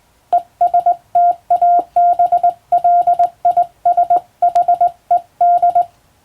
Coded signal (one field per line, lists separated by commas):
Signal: Morse code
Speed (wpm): 21 wpm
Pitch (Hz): 700 Hz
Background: none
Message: ESTABLISHED